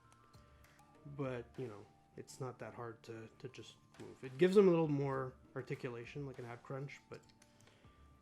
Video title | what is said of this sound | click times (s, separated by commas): ECG review JUNKHEAP (STUDIO SERIES - TRANSFORMERS) | It gives him a little more articulation, like an ab crunch, but it doesn't click like it should. | none